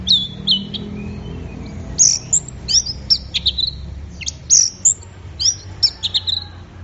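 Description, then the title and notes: Orange-headed thrush song: high sweeping whistles and sharp chirps in quick bursts, with short pauses between phrases and a low background hum. Bird in full, energetic song (gacor). "Anis Merah Gacor Teler. Kumpulan Suara Burung Anis"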